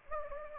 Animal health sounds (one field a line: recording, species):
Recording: mosquito wingbeat signal from an infrared sensor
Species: Anopheles gambiae